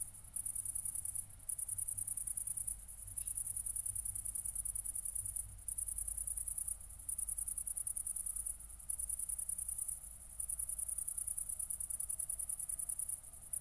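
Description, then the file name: Cricket chirping, a shrill high-pitched pulsing in long trills broken by brief gaps every second or two, with a soft low rumble underneath. Crickets recorded at night at Nordring, Kirchmöser, Brandenburg, Germany, 4 August 2014, 00:53. "City Country Me Brandenburg Kirchmoeser Nordring Grillen 201408040053 OLBIN"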